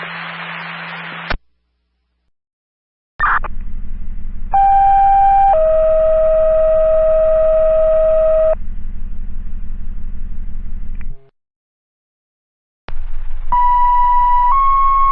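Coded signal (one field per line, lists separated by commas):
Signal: two-tone page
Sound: static burst, then a short tone followed by a long lower tone, then another two-tone start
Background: radio static, hum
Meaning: Alerts Winooski Fire to a mutual aid structure fire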